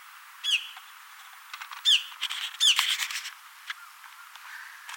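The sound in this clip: Bird gives three sharp, high down-slurred notes, with softer scratchy chirps after them.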